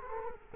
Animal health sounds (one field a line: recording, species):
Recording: mosquito wingbeat signal from an infrared sensor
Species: Culex quinquefasciatus